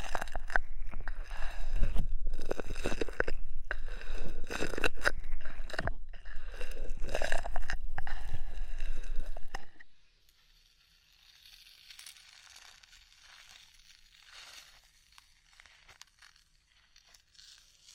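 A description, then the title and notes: Ear massage with oil and foam: for the first ten seconds, dense, loud crackling and squishing rubs with frequent crunchy pops and dull low thumps. The sound then cuts off abruptly, leaving only faint, soft hissing strokes for the rest of the clip. ASMR Oil, Foam and Tingly Ear Massage.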